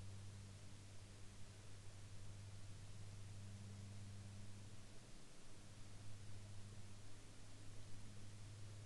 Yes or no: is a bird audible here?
no